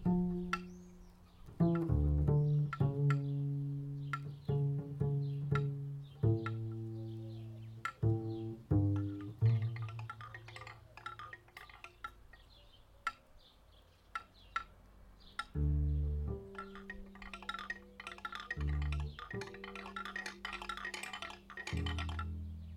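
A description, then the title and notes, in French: Plucked and struck tones answer each other, with low notes ringing on and changing pitch every second or two between sharp attacks. Faint swallow twitters flicker high above, and the last seconds grow busier and brighter with rapid clicking taps. Beaucoup d'oiseaux voltigent dans les arbres. Sido a des percussions. Je joue de la contrebasse. Les hirondelles font écho à nos sons qui se répondent entre pose d'archet ou pizzicato, lame de métal ou lame de bois.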